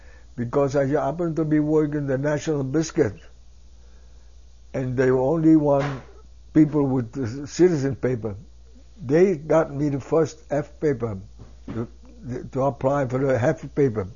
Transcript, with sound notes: Because I happened to be working the National Biscuit, and they only want [single knocking sound] people with the citizen paper. They got me the first half-paper, uh, to apply for the half-paper.